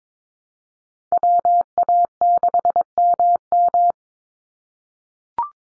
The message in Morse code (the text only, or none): WA6MM